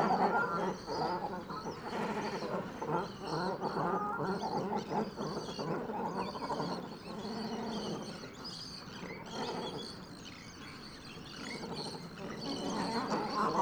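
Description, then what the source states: Great cormorants give a dense chorus of low, guttural croaks and grunts, overlapping continuously with irregular rhythm throughout. Birds arriving at a roost.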